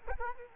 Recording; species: mosquito wingbeat signal from an infrared sensor; Culex quinquefasciatus